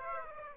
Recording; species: mosquito wingbeat signal from an infrared sensor; Aedes aegypti